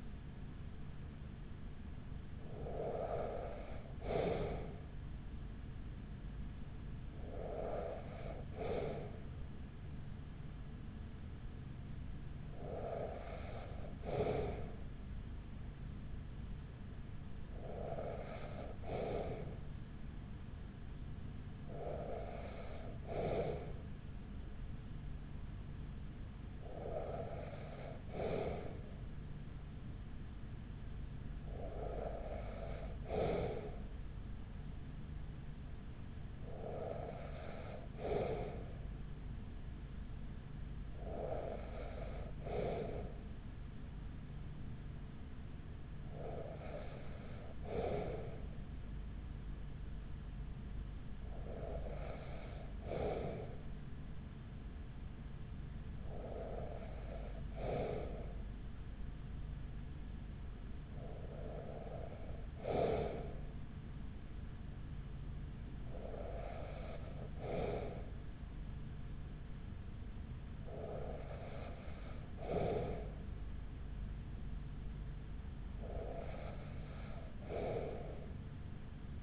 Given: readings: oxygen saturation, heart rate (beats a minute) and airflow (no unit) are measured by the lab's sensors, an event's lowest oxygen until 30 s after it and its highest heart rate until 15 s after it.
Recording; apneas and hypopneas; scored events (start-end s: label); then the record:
breathing in sleep by a smartphone at the bedside; none
none scored
From the record:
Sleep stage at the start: N2 (light sleep); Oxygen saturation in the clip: 94 to 95%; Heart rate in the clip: 39 to 44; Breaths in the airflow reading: 16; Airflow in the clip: -6.2 to 4.2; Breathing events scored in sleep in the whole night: 207 in 7.6 hours asleep